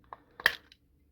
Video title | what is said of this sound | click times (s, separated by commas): Custom Trackmaster Blue James 2002 TOMY | they snap they are perfect fit so I have one already | 0.5 s